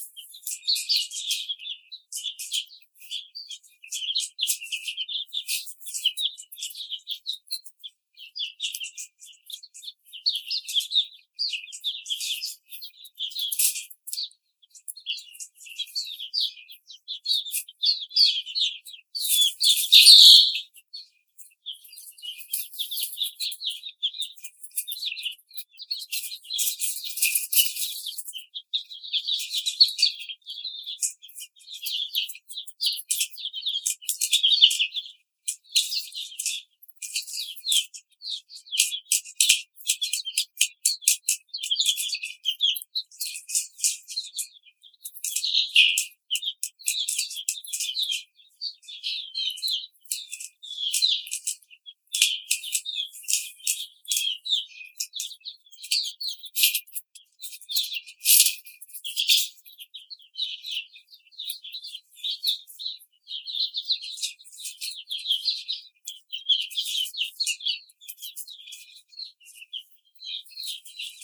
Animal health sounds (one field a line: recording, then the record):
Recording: young laying hens in a cage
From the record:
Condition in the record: treatment cage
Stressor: simulated dog barking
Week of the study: 5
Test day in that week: 1